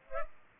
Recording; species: mosquito wingbeat signal from an infrared sensor; Culex pipiens